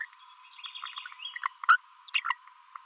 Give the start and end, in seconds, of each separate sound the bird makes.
0.01-0.05, 1.69-1.77, 2.08-2.34